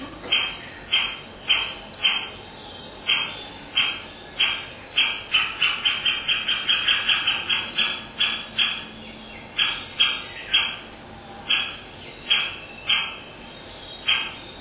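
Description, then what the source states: Great Spotted Woodpecker nestlings calling with high, grating begging notes, first spaced apart, then quickening into a rapid run before slowing again. Nestlings about a week before fledging, calling so much that predators might find them; probably very hungry.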